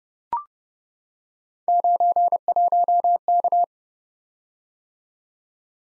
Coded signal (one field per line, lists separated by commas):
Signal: Morse code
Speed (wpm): 29 wpm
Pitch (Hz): 700 Hz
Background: none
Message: 91K